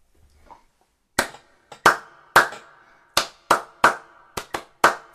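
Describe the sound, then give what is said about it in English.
Sharp hand claps struck in time in a steady rhythm, about eleven in four seconds, each loud with a short ringing tail, recorded alongside a video delay test. There is no talking, and a soft rustle comes before the first clap. “So you have my clapping in time, why, on your video, from my video?”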